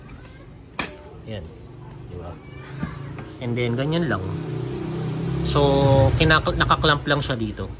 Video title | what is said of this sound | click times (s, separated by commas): Top Box Para kay Kawasaki Bajaj Dominar 400 UG v2 | So since naka-unlock to, pwede mong pindutin. | 0.8 s